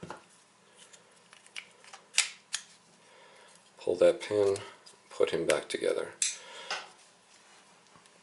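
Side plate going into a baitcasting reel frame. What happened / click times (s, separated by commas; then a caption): The side cover snapped back into its frame / 6.7 s. A side plate is pressed back into the frame of a Lew's BB1 Pro baitcasting reel by hand after its pin is pulled, with small handling clicks and taps early on while someone talks. The side plate seats with a click at 6.7 seconds and holds firmly in place.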